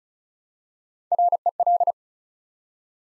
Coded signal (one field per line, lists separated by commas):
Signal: Morse code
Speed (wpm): 36 wpm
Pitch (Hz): 700 Hz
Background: none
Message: REL